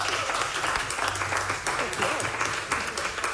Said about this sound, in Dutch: Mag ik een warm applaus voor ze?